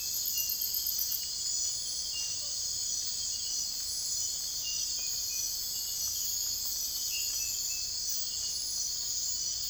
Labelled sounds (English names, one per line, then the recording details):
none
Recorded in secondary vegetation near Puerto Asís, Putumayo, Colombia, on 21 December 2024 at 04:30
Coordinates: 0.484, -76.319
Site GP06